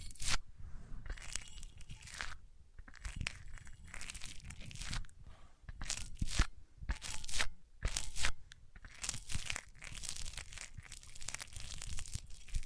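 Microphones rubbed over surfaces make repeated scraping, crunching bursts with rough bright hiss, short pauses between strokes, and low rumbling thumps throughout.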